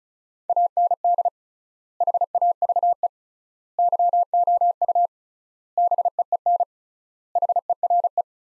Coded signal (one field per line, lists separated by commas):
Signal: Morse code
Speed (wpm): 36 wpm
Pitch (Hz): 700 Hz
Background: none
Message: AND HAVE YOU BEEN HERE